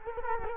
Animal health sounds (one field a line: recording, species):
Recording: mosquito wingbeat signal from an infrared sensor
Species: Culex quinquefasciatus